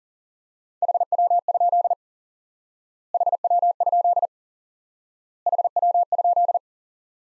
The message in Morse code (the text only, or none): HW? HW? HW?